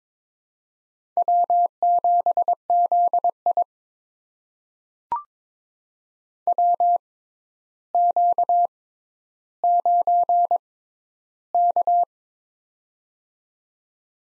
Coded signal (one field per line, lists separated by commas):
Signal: Morse code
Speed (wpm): 22 wpm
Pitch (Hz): 700 Hz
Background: none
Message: W7ZI WQ9K